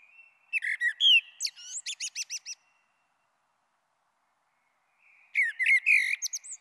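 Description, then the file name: Common blackbird singing a fluted, warbling phrase that breaks into a rapid series of high repeated twitters, then a long pause before another whistled phrase begins. "Merle Noir"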